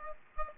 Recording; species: mosquito wingbeat signal from an infrared sensor; Aedes aegypti